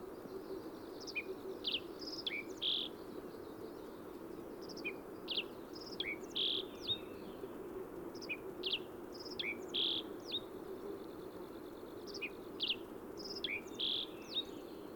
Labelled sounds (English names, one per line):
Black-faced Bunting song